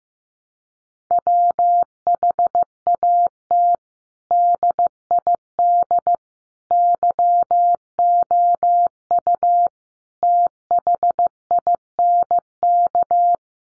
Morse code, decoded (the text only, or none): WHAT DID YOU THINK